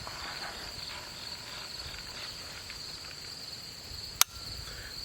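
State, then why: Seated. A TenPoint Viper S 415 crossbow string is wound back with the crank handle of its built-in cocking mechanism, with steady high-pitched insect chirring in the background. At 4.2 s the string latches into the trigger mechanism with a single sharp click, and it is locked.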